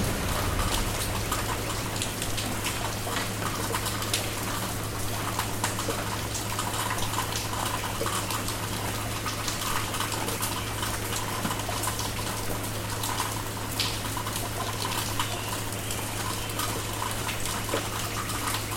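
Rain falls in a steady, dense hiss across the whole stretch, full of fine crackling taps without pause. A low constant hum sits underneath, and a few faint chirps seem to surface now and then through the patter.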